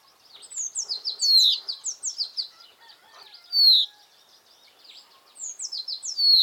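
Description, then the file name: Common chaffinch singing runs of downslurred notes, with a single loud note between two songs. "Fringilla coelebs"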